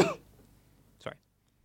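An abrupt, voiced adult cough followed by a fainter second burst about a second later; an ordinary isolated cough.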